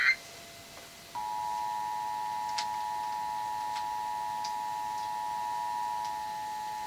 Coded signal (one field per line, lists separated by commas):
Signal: Emergency Alert System (SAME) tones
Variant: 853 and 960 Hz attention tone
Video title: 9/27/17 EAS Test